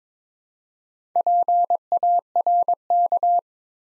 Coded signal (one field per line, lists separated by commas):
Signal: Morse code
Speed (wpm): 22 wpm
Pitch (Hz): 700 Hz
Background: none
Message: PARK